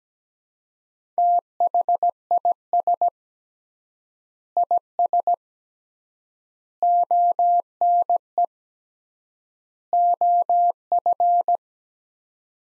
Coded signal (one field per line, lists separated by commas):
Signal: Morse code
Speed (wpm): 17 wpm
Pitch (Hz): 700 Hz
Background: none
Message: THIS IS ONE OF